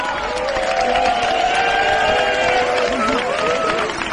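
An audience at La Casa Encendida claps and cheers steadily for about four seconds for the technical team of Radio Nacional de España, dense, even applause with voices whooping and calling out over it, loud throughout without letting up.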